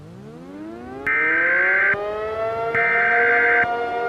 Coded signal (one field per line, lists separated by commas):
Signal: Emergency Alert System (SAME) tones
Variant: header bursts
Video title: EAS Scenario #18 Pink Hurricane